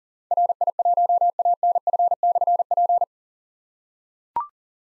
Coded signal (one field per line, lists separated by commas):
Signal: Morse code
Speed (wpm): 42 wpm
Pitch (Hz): 700 Hz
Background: none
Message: RI1ANF/P